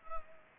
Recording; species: mosquito wingbeat signal from an infrared sensor; Culex pipiens